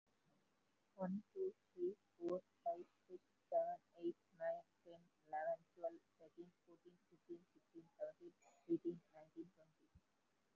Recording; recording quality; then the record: counting at a normal pace; excellent, no background noise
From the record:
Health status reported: COVID-19 positive, mild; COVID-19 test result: positive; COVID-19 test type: RT-PCR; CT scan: not taken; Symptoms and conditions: fever, loss of smell and taste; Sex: female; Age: 48 years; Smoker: no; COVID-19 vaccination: both doses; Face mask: worn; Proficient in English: yes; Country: India